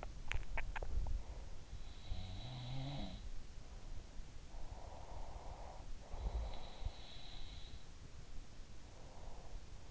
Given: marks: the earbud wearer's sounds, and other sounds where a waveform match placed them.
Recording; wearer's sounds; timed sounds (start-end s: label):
sounds in sleep by an in-ear microphone; teeth grinding, breath
0.00-1.10 s: teeth grinding
1.60-3.26 s: sound from someone else or the room
4.82-7.48 s: sound from someone else or the room
8.71-9.52 s: breath